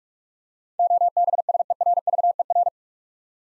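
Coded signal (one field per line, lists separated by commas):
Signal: Morse code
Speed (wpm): 44 wpm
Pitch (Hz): 700 Hz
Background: none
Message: OBSERVER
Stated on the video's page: Morse practice of 8-letter words at 45 wpm, each sent twice.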